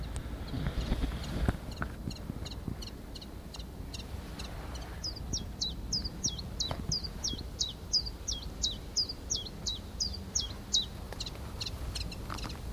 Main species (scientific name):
Phylloscopus collybita